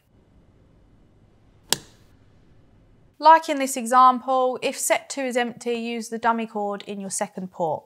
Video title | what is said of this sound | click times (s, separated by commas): HUGO Intense - PEMF Therapy Device User Video - 2024 | turn it to the right until you hear it click | 1.7 s